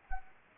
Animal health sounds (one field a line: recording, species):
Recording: mosquito wingbeat signal from an infrared sensor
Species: Anopheles gambiae